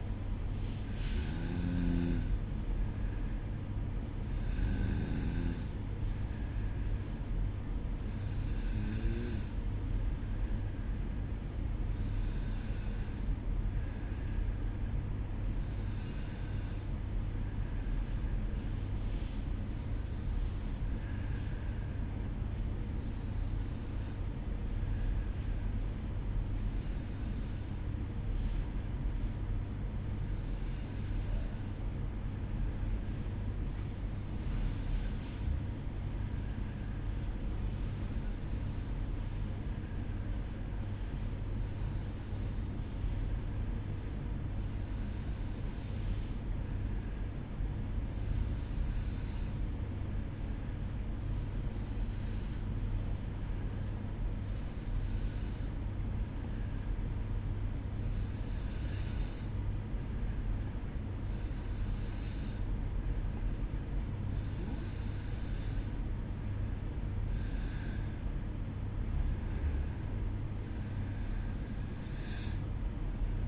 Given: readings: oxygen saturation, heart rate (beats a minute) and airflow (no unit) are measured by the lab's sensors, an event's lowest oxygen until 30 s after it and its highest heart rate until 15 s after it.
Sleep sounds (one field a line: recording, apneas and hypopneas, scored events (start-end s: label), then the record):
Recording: breathing in sleep by a smartphone at the bedside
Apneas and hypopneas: 1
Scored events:
19.00-69.10 s: hypopnea (N1, oxygen 95% highest, then 92% lowest, heart rate 61 at the start, 68 highest)
29.00-73.48 s: new sleep stage, N2 (light sleep)
From the record:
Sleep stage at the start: N1 (lightest sleep)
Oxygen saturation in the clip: 90 to 95%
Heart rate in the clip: 59 to 68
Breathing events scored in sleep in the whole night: 305 in 9.6 hours asleep